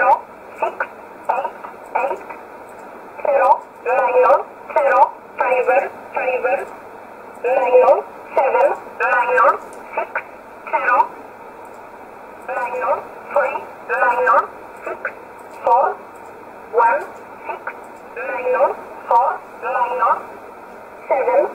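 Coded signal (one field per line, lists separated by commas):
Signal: numbers station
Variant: E11 Oblique, English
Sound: a monotone voice reading short, evenly spaced words over a narrow radio channel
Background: radio static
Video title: 11 10 2019 E11 Oblique Numbers station in English 1008 on 7317 unknown tx site in USB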